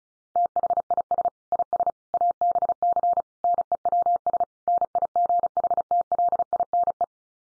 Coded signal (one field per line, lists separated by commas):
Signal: Morse code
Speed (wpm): 34 wpm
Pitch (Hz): 700 Hz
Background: none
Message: THIS IS ABC NEWS NIGHTLINE